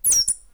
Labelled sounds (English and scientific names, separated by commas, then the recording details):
Stitchbird (Notiomystis cincta) song
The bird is a male
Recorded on Tiritiri Matangi Island, New Zealand, in 2005
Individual 2, of nest box 2